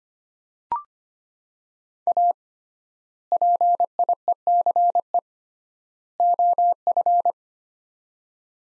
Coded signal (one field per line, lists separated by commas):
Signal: Morse code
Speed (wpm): 25 wpm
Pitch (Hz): 700 Hz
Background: none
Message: A PIECE OF